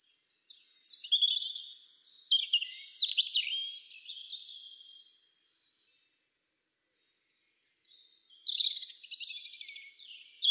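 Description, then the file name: European robin song in two high, jumbled phrases of sweet warbles, thin whistles and quick trills, separated by a long silent pause before the second burst. "Erithacus rubecula"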